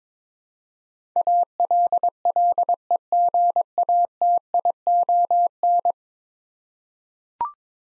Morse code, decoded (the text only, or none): ALLEGATION